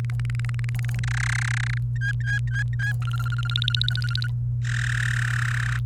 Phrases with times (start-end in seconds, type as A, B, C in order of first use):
0.04-0.99 A, 1.03-1.78 B, 1.96-2.92 C, 3.02-4.27 D, 4.65-5.76 E